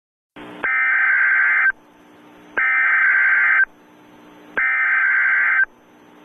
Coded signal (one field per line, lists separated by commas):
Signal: Emergency Alert System (SAME) tones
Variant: header bursts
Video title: EAS Scenario: Weather Disaster (Original)